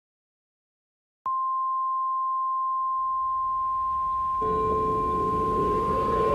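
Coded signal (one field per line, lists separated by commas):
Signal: Emergency Alert System (SAME) tones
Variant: 1050 Hz attention tone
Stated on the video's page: Simulated EAS scenario for a radioactive hazard, hastily made with many mistakes.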